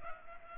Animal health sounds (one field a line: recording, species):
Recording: mosquito wingbeat signal from an infrared sensor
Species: Culex pipiens